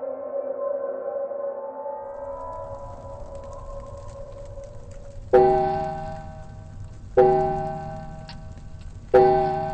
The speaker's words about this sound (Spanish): Pero si ese reloj estaba parado. ¿Cómo que ahora da las campanadas? Esto me huele realmente mal.